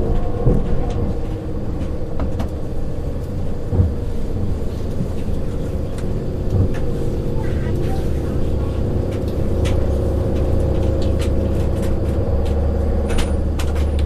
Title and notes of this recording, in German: Nächtliche Zugreise. Der sanfte Rhythmus der Schienen und das beruhigende Surren des Zuges